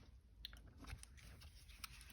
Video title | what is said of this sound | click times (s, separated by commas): HD 4K COMPLETE Quick Strip And Reassemble Sig Sauer P320 Lower Chassis | push it back until it snaps in | 0.5 s